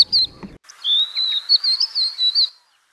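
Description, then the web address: Crested lark calling, a short high chirp, then a sustained high whistled phrase with repeated slurred notes wavering slightly in pitch. "galerida cristata call"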